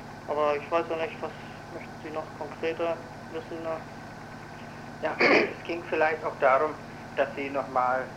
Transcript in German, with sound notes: Aber ich weiß ja nich', was möchten Sie noch konkreter wissen, da? [räuspert]
es ging vielleicht auch darum, dass Sie nochmal,